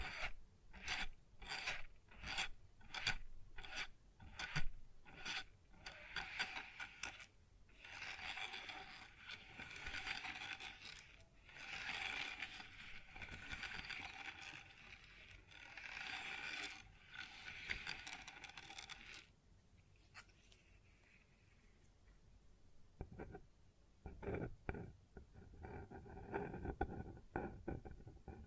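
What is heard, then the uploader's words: Scraping and rubbing on a wooden surface, with quick rasping strokes, longer grinding stretches, a quiet pause near twenty seconds, then sharp knocks. ASMR Sounds on Wooden Surface (No Talking).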